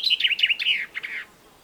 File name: Fringilla coelebs